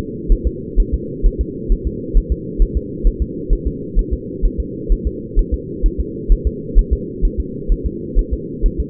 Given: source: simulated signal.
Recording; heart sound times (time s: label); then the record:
fetal heart sounds
0.32 s: S1
0.47 s: S2
0.80 s: S1
0.94 s: S2
1.26 s: S1
1.41 s: S2
1.72 s: S1
1.87 s: S2
2.17 s: S1
2.32 s: S2
2.62 s: S1
2.77 s: S2
3.07 s: S1
3.22 s: S2
3.53 s: S1
3.67 s: S2
3.99 s: S1
4.13 s: S2
4.45 s: S1
4.60 s: S2
4.92 s: S1
5.07 s: S2
5.39 s: S1
5.54 s: S2
5.86 s: S1
6.00 s: S2
6.32 s: S1
6.47 s: S2
6.79 s: S1
6.93 s: S2
7.25 s: S1
7.40 s: S2
7.72 s: S1
7.86 s: S2
8.19 s: S1
8.33 s: S2
8.66 s: S1
8.80 s: S2
From the record:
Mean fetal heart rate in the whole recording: 130 bpm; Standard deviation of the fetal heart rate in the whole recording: 4 bpm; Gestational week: 38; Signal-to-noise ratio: -4.1 dB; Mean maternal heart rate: no maternal heart sound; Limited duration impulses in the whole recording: absent